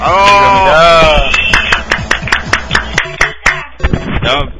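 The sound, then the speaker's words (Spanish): Applause congratulating a friend: after a brief wavering vocal sound, loud sharp claps ring out in a steady, even rhythm, roughly a dozen in quick succession, with faint voices underneath. “felicidades y aplausos para este amigo.”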